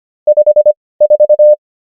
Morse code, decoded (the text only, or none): 54